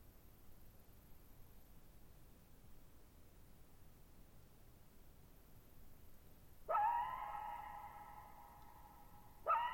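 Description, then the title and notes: Coyote giving one sharp wavering call near the end after long near-silence, its sound ringing on for several seconds before another abrupt bark begins. Lone coyote at night, July 14, 2019, Thirtymile Meadows, Okanogan National Forest high country at 6400 ft; dry plateau meadow bowl, boggy ground burbling, very quiet. "Lone Coyote at Thirtymile Meadows. I spent the night of July 14, 2019, camped near Thirtymile Meadows in the Okanogan National Forest at 6400 ft (1950 m)"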